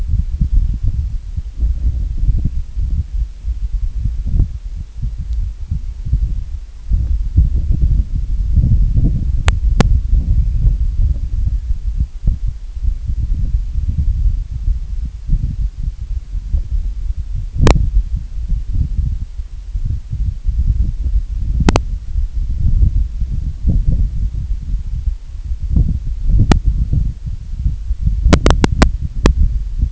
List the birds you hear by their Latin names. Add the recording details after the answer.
none. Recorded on Arctic tundra, site IGLO-A, on 25 June 2018. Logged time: 01:59